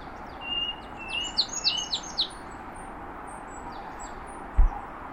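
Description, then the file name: Marsh tit gives thin whistled tones, then a short run of high, falling notes, followed by a dull knock near the end. "Poecile palustris"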